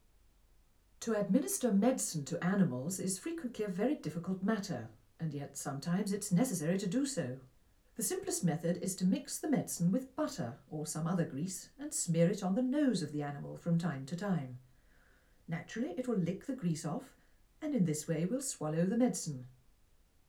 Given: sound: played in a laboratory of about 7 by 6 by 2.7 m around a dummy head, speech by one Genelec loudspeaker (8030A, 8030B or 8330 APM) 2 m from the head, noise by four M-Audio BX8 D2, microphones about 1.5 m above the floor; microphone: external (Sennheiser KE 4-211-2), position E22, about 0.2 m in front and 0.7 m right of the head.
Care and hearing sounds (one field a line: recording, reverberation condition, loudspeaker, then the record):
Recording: female speech in English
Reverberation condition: low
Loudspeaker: 150 degrees to the left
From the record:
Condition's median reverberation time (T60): about 310 ms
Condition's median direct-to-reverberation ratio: about 3.5 dB